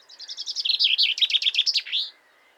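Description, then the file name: Common chaffinch singing one full song phrase: a series of high notes falling in pitch, then a faster run ending in a brief flourish, over a quiet background. "Pinson des arbres Fringilla coelebs"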